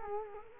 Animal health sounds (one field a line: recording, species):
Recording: mosquito wingbeat signal from an infrared sensor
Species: Culex quinquefasciatus